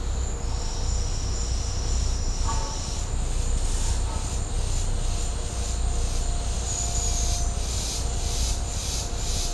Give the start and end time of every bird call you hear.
2.44s-2.77s: bird call

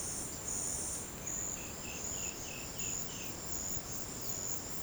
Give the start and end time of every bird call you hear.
1.18s-3.37s: bird call

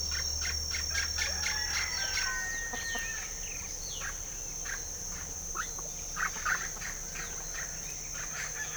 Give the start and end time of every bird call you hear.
0.06s-8.77s: bird call

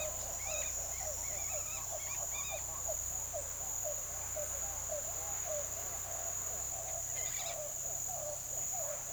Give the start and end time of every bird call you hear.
0.00s-9.13s: bird call

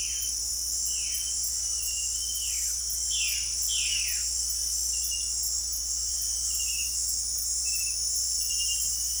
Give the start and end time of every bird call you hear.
0.00s-4.25s: bird call

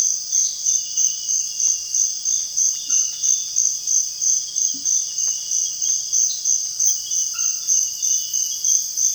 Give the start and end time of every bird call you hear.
4.72s-4.87s: bird call

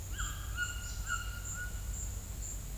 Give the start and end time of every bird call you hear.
0.01s-1.83s: bird call

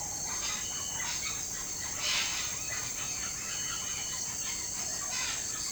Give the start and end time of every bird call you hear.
0.17s-5.72s: bird call

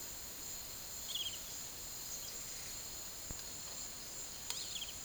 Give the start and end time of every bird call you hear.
0.96s-1.41s: bird call
4.52s-4.99s: bird call

